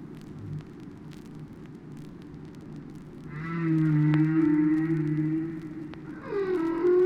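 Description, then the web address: Whale song: a long low steady moan with harmonics, followed by a descending cry, over constant underwater noise. "KU whales"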